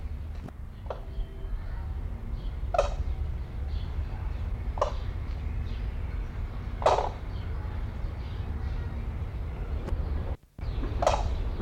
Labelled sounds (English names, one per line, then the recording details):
Brolga
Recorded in captivity
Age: adult
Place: Zoo Berlin, Berlin, DE
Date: 1994-05-28 12:01
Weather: bedeckt, 12-15°C
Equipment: Marantz CP 430, Sennheiser ME 80, Kopie Uher Variocord 263
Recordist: Tembrock, Günter